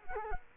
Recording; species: mosquito wingbeat signal from an infrared sensor; Culex quinquefasciatus